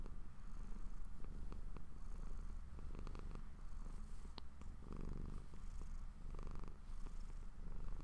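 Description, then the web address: Domestic cat purring continuously, a low rhythmic rumble. Pet cat purring while falling asleep. "Popuppowerbombme My Cat Purring To Sleep"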